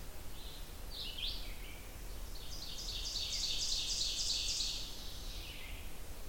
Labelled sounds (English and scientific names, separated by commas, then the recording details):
Ovenbird (Seiurus aurocapilla) song
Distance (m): 50 m
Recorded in boreal forest in Alberta, Canada, on 29 June 2016 at 07:26
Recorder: SongMeter 3, array SBT-6-79
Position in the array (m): 32 m, 110 m
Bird 40